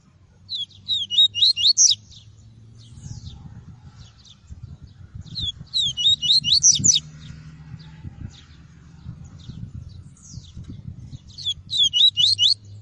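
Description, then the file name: Seedeater song: three quick phrases of high slurred whistles spaced several seconds apart, with faint twittering between and steady low-pitched background noise. Song of the "tui-tui" variety. "canto do papa capim tui tui"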